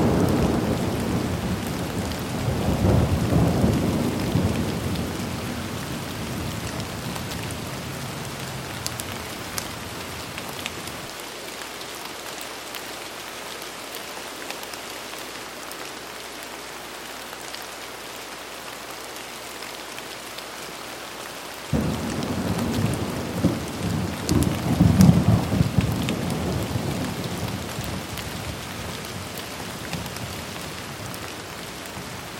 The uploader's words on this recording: Gentle Night Rain, Rain Sounds for Sleeping.